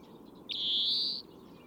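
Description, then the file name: European greenfinch delivering one long, strained nasal wheeze that climbs gently in pitch, over quiet low background noise. "Chloris chloris"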